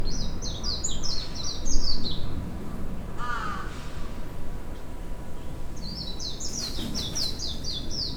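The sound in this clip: Bird calls: quick series of high, descending chirped notes at the start and again near the end, with one lower call midway, over constant low-frequency rumble.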